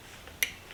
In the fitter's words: there you hear it click. And that one is plugged in.